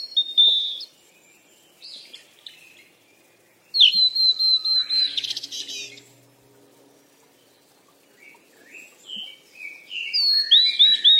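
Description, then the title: Bird chirping in bursts: a loud run of high, rapid repeated notes midway, with a softer chattering series of high chirps toward the end. "鸟儿喳喳"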